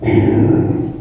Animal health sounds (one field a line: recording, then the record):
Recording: squeal of a Yucatan mini pig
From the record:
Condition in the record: before surgery on the right vocal fold (resection and tissue-engineered implant)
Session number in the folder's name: 1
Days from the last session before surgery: -21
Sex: female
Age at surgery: 19 weeks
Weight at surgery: 25 kg